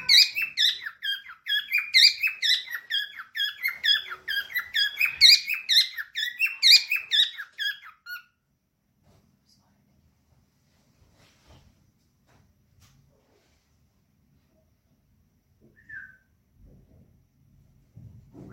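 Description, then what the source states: Parrot chatter, fast squeaky chirps tumbling one after another for around eight seconds, then near silence with a single faint chirp and a few soft knocks. Lutino colour form.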